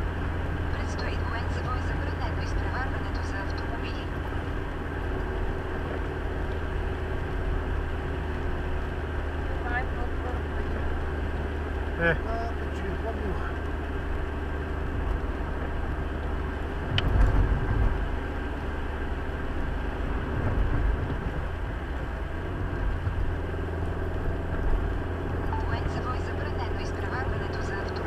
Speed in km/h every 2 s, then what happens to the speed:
79, 78, 76, 74, 72, 71, 70, 70, 69, 69, 68, 64, 64, 65.
0-22 slows to 64. 22-28 steady at about 64.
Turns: none.